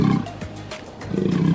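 Sea lion calling: two deep, throaty bellows separated by a quieter pause.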